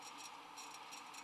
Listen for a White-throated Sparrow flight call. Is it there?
no